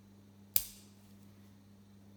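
A metal emergency key blade is pushed back into a plastic Mercedes car key fob after a battery change, and it locks in with a single loud, sharp snap at 0.6 s. The snap fades quickly over a steady low hum, and the blade is seated.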